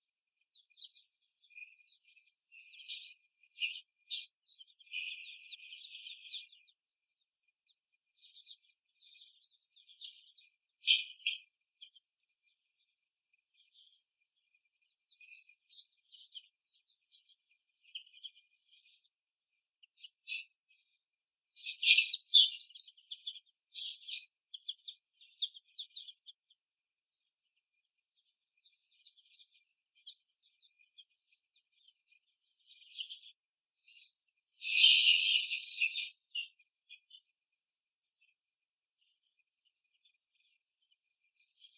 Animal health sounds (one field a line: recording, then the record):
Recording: young laying hens in a cage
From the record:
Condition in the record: after the stressor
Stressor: simulated dog barking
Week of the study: 1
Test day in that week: 2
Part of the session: 1